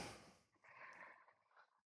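A faint, rough, snorting breath sound from a sleeping female dog, with a short burst followed by a longer noisy airflow lasting about a second. It is ordinary snoring during good, deep sleep, heavy like a grown man's, heard quietly in the background of a phone call.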